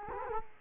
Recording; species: mosquito wingbeat signal from an infrared sensor; Culex quinquefasciatus